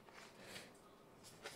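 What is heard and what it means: A metal support bar is handled against the second side of the plastic frame of a two-tier slide-out storage basket organizer, with soft rubbing and handling noise and brief knocks near 0.1 s and 1.5 s. Nothing has seated or clicked into place yet.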